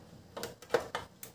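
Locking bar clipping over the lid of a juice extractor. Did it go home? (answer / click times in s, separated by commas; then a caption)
no / none. The plastic locking bar on a juice extractor is being lifted up over the lid toward its groove, making a few short, light plastic taps and rattles of handling. The bar has not yet snapped into its groove and nothing has clicked or seated yet, so the lid is not locked in place.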